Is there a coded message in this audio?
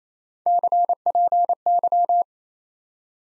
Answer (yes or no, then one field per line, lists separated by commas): yes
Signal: Morse code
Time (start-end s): 0.5-2.2 s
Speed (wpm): 27 wpm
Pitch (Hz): 700 Hz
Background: none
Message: CPY